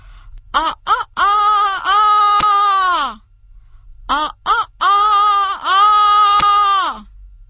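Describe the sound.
At dawn, a person imitates a rooster's crow to scare her brother, who is building a bridge. She crows twice, each call opening with a few quick clipped notes and stretching into a long, loud, sustained cry, with a short pause between the two.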